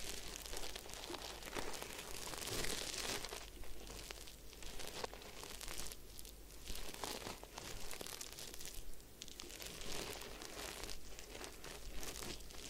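Head spa hair wash and massage: a dense, continuous rustle of crinkly, scratchy friction, like fingers working through wet hair. Brighter surges swell around 2–3, 6 and 9–10 seconds between softer, muffled stretches, with occasional small clicks and crunches throughout.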